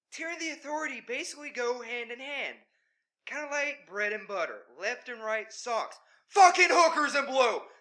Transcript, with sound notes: Tier and The Authority basically go hand-in-hand, kind of like bread and butter, left and right socks, (*suddenly loud and angrily*) FUCKING HOOKERS AND BLOW.